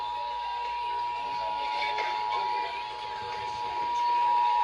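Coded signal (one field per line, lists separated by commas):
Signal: Emergency Alert System (SAME) tones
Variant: 853 and 960 Hz attention tone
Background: speech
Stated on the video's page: Compilation of weekly and monthly EAS tests.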